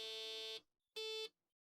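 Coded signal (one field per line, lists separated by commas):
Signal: beep code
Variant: Apple II dead test ROM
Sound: a buzzy computer beep, cut at the start, then a second shorter beep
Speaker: So, that boop, that's the that's the one beep.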